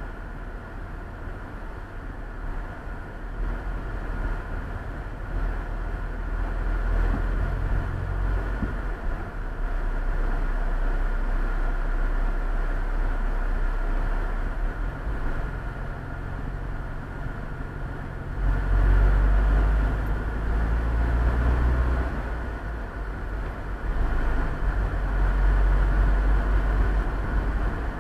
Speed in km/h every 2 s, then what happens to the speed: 20, 17, 17, 22, 25, 21, 18, 16, 19, 22, 28, 32, 33, 35.
4-8 speeds up to 25. 8-14 slows to 16. 14-28 speeds up to 35.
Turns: none.